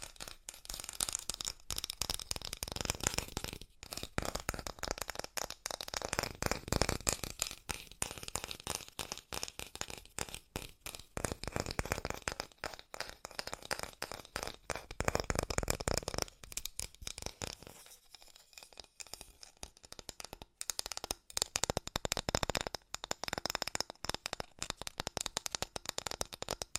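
Fast tapping in dense, uneven bursts of sharp clicks runs throughout, thinning into sparser taps around eighteen to twenty seconds before picking up again.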